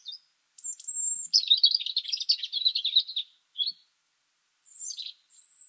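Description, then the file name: European robin phrase opening with a thin high whistle, then a long fluttering, trilled passage, a short note, a falling whistle and a final high whistle. "Erithacus rubecula"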